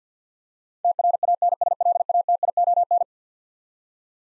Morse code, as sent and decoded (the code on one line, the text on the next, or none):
- .-. .- -. ... .-.. .- - .. --- -.
TRANSLATION